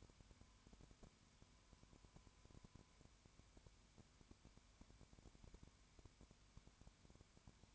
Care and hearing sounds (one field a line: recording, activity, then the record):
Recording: daily activity, microphone in the room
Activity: no activity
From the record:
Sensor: 2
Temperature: 20.0 degrees Celsius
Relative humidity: 32.1%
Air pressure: 1001.1 hPa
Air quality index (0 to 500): 54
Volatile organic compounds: 1 ppm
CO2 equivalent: 601 ppm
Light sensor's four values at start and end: 2/3/2/2 and 2/3/2/2